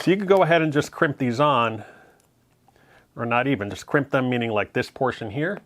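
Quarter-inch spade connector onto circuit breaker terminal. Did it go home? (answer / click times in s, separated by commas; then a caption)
no / none. Someone talks while handling a quarter-inch crimp spade connector meant to be pushed onto a circuit breaker terminal as an alternative to soldering. During a pause in the talk, faint small handling sounds come through around 2.2 to 2.8 seconds. Nothing has seated or clicked yet; the connector is not yet on the terminal.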